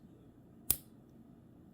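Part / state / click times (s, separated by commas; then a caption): watch bracelet clasp closing onto its fold-over lock / seated / 0.7 s. A Rolex GMT-Master II Batman/Batgirl 126710BLNR steel watch bracelet has its section folded over and laid flat, then its metal clasp is snapped shut onto the fold-over lock. Against a quiet background, one sharp, bright click sounds at 0.7 s, and the clasp snaps fully closed.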